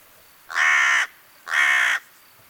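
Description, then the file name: Carrion crow giving two harsh, hoarse caws, each about half a second long, spaced roughly a second apart, with a quiet background. "Corvus corone"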